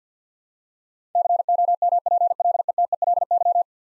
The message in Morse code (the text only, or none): COMPLETELY